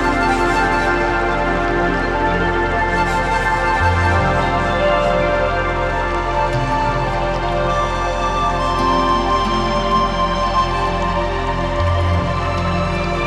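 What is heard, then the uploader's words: Meditation music with soft nature sounds plays at a steady, even level throughout. Sustained tones layer over a held low drone, which shifts to a new bass note near four seconds and again near twelve. A faint light patter, like rain, sits underneath. Chakra Meditation Music and Relaxing Nature Sounds.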